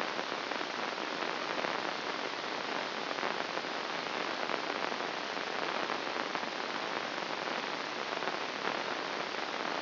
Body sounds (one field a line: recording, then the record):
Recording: brain microelectrode recording played as sound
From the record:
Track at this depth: inside the subthalamic nucleus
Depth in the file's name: 0.757 mm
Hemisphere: right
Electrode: 2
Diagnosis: Parkinson's disease